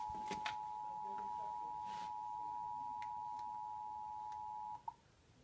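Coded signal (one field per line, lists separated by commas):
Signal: Emergency Alert System (SAME) tones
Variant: 853 and 960 Hz attention tone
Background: speech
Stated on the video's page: Required Monthly Test of the Emergency Alert System captured from television.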